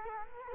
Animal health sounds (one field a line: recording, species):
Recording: mosquito wingbeat signal from an infrared sensor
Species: Culex quinquefasciatus